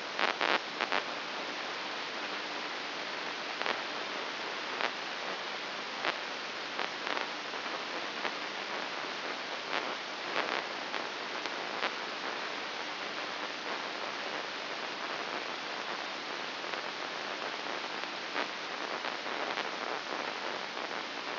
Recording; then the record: brain microelectrode recording played as sound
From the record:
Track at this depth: inside the subthalamic nucleus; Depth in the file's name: 4.402 mm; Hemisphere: right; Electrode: 2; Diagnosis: Parkinson's disease